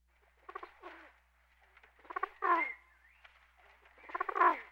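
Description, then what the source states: Pigeon cooing: three throaty, rolling coos, each building to a fuller swell, with short pauses between them. Male.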